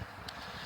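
Someone pushes down the metal release lever of a ratchet strap buckle to free the strap while taking it off. Over steady wind-like noise, one short, sharp click sounds at 0.3 s as the lever clicks open and the strap is released.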